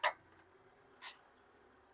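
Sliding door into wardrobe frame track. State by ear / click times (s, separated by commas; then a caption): seated / 0.0 s. The sliding door of a NOVA 4-door sliding steel wardrobe with floral design (Bethany variant) is guided into its frame track and pushed upward, seating with a sharp click at 0.0 s. A faint tick follows at 0.4 s and a soft brief rustle around 1.1 s. The door is locked into the track.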